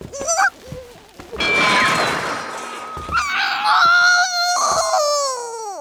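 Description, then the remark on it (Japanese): A young voice, Gasper from the anime High School DxD, lets out a long, loud, wavering scream of distress while being made to eat garlic toast, rising and breaking in pitch, with brief gasps and whimpers between the outbursts. “絶叫するほど美味しいかって、ギャスパー、鼻からガーリックトーストが出ているぞ。”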